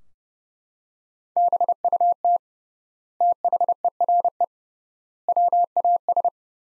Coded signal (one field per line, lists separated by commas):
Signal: Morse code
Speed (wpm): 31 wpm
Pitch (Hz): 700 Hz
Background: none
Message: BUT THERE WAS